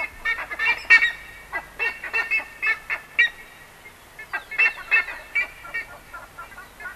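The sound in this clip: Buff-necked ibis calls: loud nasal honks in irregular bursts, with short gaps and a quiet background.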